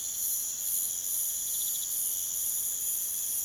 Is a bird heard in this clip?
no